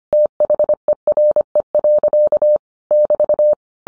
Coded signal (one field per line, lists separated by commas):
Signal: Morse code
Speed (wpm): 25 wpm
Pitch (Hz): 600 Hz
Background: none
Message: THERE. <BT>